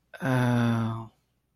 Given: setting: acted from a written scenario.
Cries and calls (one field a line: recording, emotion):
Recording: vocal sound without words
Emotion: guilt